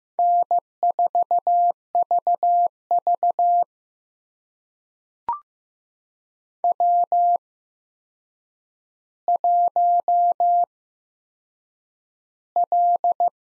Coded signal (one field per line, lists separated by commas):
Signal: Morse code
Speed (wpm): 15 wpm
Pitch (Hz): 700 Hz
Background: none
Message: N4VV W1L